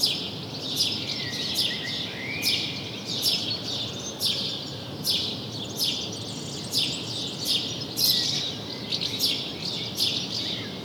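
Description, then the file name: House sparrow calls: a busy run of sharp, scratchy chirps over a low constant hiss. "Passer domesticus"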